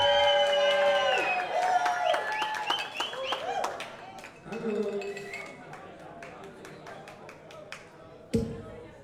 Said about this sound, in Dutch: En hij staat er helemaal klaar voor, dus geef een duidelijk applaus